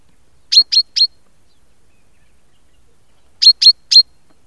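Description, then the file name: Common chaffinch calling with two quick bursts of three sharp, high clipped notes, a pause of over two seconds between them, in an otherwise quiet background. "Fringilla coelebs"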